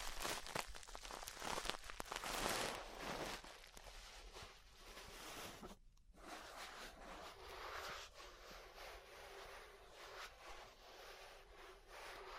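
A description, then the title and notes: Ear brushing: dense, hissy scratching and rubbing strokes, bright and rough, strongest in the first three seconds with quick irregular bursts. A brief near-silent gap falls around six seconds, then softer, steadier brushing continues with a faint low rumble underneath. ASMR Relaxing 3Dio Ear Brushing (No Talking).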